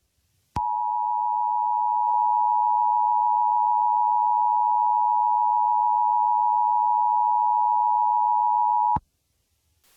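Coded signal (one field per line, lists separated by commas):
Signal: Emergency Alert System (SAME) tones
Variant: 853 and 960 Hz attention tone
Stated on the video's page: Fictional EAS scenario about Chicago, not a real alert.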